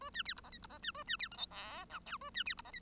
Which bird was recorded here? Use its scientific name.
Lonchura striata domestica